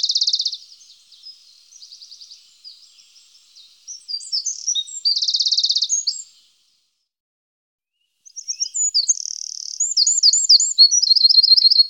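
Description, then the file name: Eurasian wren song, loud high trills and rapid twittering phrases, a pause of about two seconds, then another fast rattling trill sequence. "Zaunkoenig"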